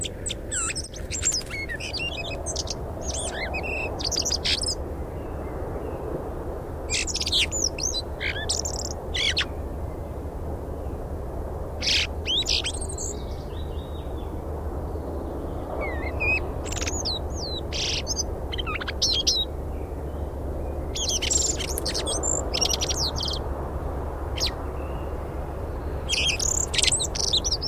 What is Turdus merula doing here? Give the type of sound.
song